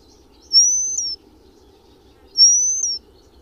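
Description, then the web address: Eurasian penduline tit giving two thin, very high, slightly falling drawn-out whistles about two seconds apart; faint low hum below. "agykontroll Madardalok Cd 3. Függőcinege"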